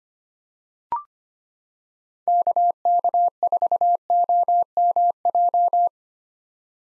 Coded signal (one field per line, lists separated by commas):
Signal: Morse code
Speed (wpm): 25 wpm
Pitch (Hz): 700 Hz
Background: none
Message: KK4OMJ